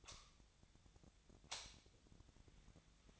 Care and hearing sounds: daily activity, microphone in the room; light on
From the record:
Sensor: 3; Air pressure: 1009.8 hPa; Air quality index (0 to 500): 189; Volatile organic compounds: 14 ppm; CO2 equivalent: 2467 ppm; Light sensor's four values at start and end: 39/98/42/45 and 46/120/51/52

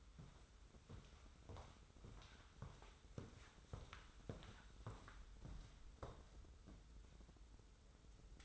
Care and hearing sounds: daily activity, microphone in the room; walk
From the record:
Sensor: 3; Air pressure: 994.3 hPa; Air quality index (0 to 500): 201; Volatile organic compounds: 1000 ppm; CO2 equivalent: 6681 ppm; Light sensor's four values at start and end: 110/258/105/98 and 107/250/102/95

